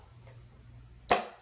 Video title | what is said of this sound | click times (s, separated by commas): Fisher-Price Thomas & Friends Tray Play Booster Seat Review | until you hear a snap and then that is secure and it's not going to fall back | 1.1 s